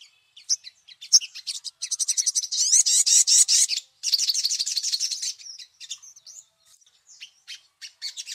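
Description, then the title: Little spiderhunter song: a few high chirps lead into a sustained, rapid volley of shrill notes lasting several seconds, then fading into scattered thin calls. Masteran for training songbirds; the 'Labaik' song variety. "Masteran Burung Sogok Ontong Labaik"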